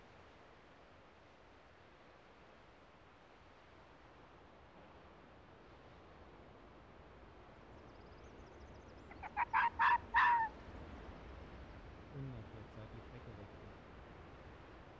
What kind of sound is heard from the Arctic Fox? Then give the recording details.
barking. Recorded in the wild. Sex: pair. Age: adult. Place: Insel Mednyi, Kommandeur-Inseln, RU. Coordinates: 54.5167, 168.083. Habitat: tundra. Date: 1999-07-26 10:41. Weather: fair, almost no clouds, ca. 15°C, no wind. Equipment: Sony TCD-D8, Sennheiser MKH 70, Windkorb. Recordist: Frommolt, Karl-Heinz. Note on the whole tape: Zwischen Kap Dlinnyi und Kap Kalamak: Wechselbellen von Polarfuchsrüden rechts Weiß/Blau 56 (geb. 1996) und Fähe (Grün/Orange 5 - hier noch unmarkiert). Entfernung 10 bis 20 m. Ungeschnittene Aufnahme